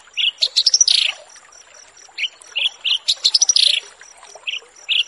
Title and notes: Branjangan VS BURGER Masteran Mewah 1. burung BRANJANGAN